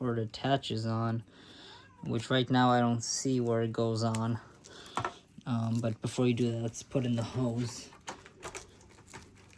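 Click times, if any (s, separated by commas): none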